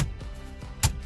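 With the backup camera wires stuffed down into place, a plastic trim panel is pressed back into a truck's dash or interior over background music. A single sharp snap at 0.8 s marks the panel seating back in.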